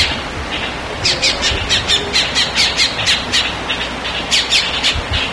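Bird giving quick repeated harsh squawks in bursts with a short lull, over constant hiss.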